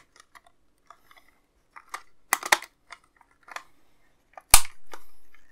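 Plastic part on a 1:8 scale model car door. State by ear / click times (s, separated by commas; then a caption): seated / 2.3 s, 2.5 s, 4.5 s. A plastic part on the door of a 1:8 scale LaFerrari model car is lined up and pressed in, with light handling taps before sharp clicks at 2.3 s and 2.5 s and a final loud click at 4.5 s. After the clicks, the part is checked to be fully down all the way around and is seated home.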